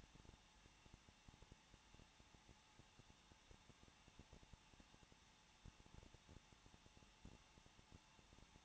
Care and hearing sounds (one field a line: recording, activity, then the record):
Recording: daily activity, microphone in the room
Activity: no activity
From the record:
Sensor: 1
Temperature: 20.1 degrees Celsius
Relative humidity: 39.3%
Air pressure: 1006.4 hPa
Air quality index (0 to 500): 218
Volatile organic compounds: 80 ppm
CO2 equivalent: 3605 ppm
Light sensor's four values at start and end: 1/2/1/1 and 1/2/1/1